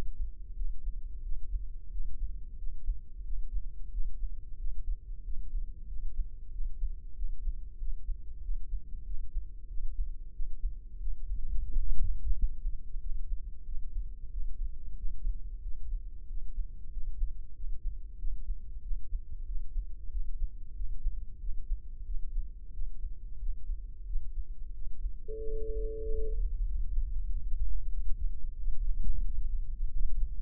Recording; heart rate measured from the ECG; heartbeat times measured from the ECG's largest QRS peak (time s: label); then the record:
heart sounds by microphone in the left ear; 92 bpm
0.58 s: heartbeat
1.25 s: heartbeat
1.94 s: heartbeat
2.60 s: heartbeat
3.27 s: heartbeat
3.94 s: heartbeat
4.60 s: heartbeat
5.26 s: heartbeat
5.90 s: heartbeat
6.54 s: heartbeat
7.18 s: heartbeat
7.81 s: heartbeat
8.44 s: heartbeat
9.08 s: heartbeat
9.71 s: heartbeat
10.36 s: heartbeat
11.02 s: heartbeat
11.72 s: heartbeat
12.38 s: heartbeat
13.03 s: heartbeat
13.68 s: heartbeat
14.34 s: heartbeat
14.99 s: heartbeat
15.65 s: heartbeat
16.31 s: heartbeat
16.94 s: heartbeat
17.58 s: heartbeat
18.21 s: heartbeat
18.85 s: heartbeat
19.49 s: heartbeat
20.14 s: heartbeat
20.78 s: heartbeat
21.43 s: heartbeat
22.08 s: heartbeat
22.75 s: heartbeat
23.42 s: heartbeat
24.09 s: heartbeat
24.75 s: heartbeat
25.40 s: heartbeat
26.05 s: heartbeat
26.69 s: heartbeat
27.32 s: heartbeat
27.95 s: heartbeat
28.60 s: heartbeat
29.26 s: heartbeat
29.95 s: heartbeat
From the record:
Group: healthy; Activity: rest 0-26 s, Valsalva maneuver 26-30 s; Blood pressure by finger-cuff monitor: 140/78 mmHg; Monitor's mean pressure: 97 mmHg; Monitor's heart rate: 92 bpm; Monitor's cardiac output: 7.8 L/min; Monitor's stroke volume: 85 mL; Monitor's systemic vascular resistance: 920 dyn s/cm5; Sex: male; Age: 21 years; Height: 175 cm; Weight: 72.6 kg